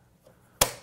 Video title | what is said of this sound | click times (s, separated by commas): SureLab D1070 I Step-by-Step Duplex Feeder Assembly | and you'll push in you'll hear a click | 0.6 s